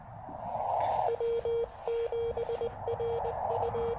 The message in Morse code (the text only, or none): W7RU